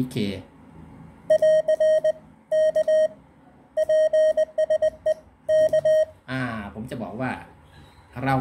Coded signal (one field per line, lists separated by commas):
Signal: Morse code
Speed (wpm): 20 wpm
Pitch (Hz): 620 Hz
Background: speech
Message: <AR> K PSE K